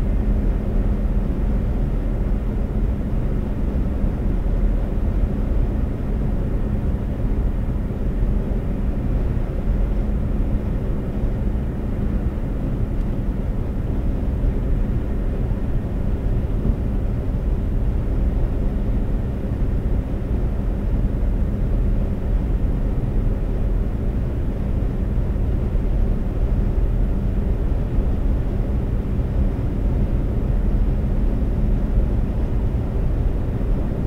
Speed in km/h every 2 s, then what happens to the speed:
132, 132, 132, 132, 132, 132, 132, 132, 132, 132, 132, 132, 132, 132, 130, 130, 130.
0-34 steady at about 132.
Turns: none.